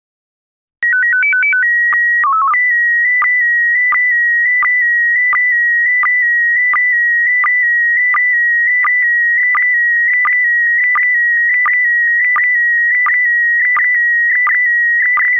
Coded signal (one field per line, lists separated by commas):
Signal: SSTV (slow-scan television)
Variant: PD 90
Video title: Slow Scan Radio, 31 October 2018, Ep. 13